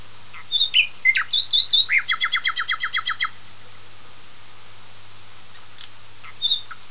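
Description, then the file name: Common nightingale song: whistled notes, then a fast rattling series of repeated sharp notes for about one and a half seconds, a pause, and a few more notes at the end, over a steady low hum. "usignolo"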